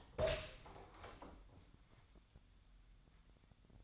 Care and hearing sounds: daily activity, microphone in the room; open door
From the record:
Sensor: 3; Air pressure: 1007.2 hPa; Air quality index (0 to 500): 202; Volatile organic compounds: 17 ppm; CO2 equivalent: 2593 ppm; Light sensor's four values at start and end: 12/28/12/12 and 12/29/12/12

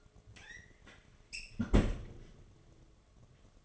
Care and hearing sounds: daily activity, microphone in the room; close fridge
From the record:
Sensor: 4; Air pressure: 1005.3 hPa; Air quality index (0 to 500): 177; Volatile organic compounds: 5 ppm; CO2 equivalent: 1741 ppm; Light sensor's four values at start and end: 5/10/4/3 and 6/12/4/4

